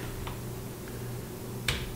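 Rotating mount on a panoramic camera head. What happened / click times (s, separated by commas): The rotating mount clicked into its detent / 1.7 s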